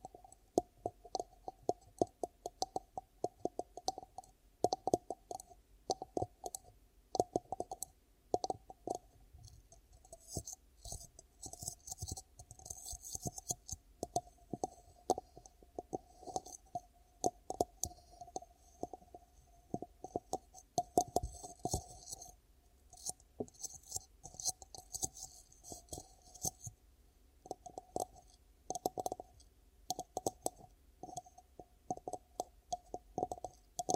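Ear cupping ASMR triggers: a steady, irregular stream of quick soft taps and clicks runs the whole time, some hollow and muffled, others with a crisp rustling edge. Busier stretches around the middle and end, over a faint low hum.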